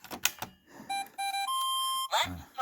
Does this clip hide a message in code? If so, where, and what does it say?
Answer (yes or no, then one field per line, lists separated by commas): no